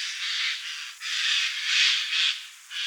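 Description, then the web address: Eurasian jay calls: harsh, raspy screeching bursts, several in quick succession with brief gaps between them. "Garrulus glandarius"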